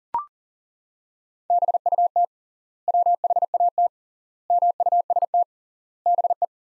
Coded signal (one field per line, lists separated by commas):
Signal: Morse code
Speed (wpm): 40 wpm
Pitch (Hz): 700 Hz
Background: none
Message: BUT WHAT MUST BE